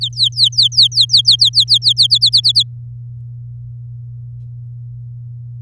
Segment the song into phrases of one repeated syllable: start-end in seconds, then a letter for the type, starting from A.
0.01-2.07 A, 2.10-2.63 B